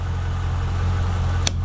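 A Mercedes CLK 500 hood, with its release tab pressed, is lifted from its normal notch to the top service notch while the engine idles with a steady low hum. One sharp, loud click at 1.5 seconds marks the hood hinge seating into its upper notch.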